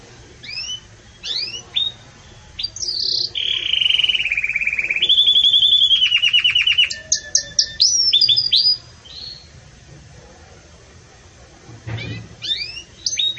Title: Canto Canário Belga Campainha Puro Com Pausa Para Treinamento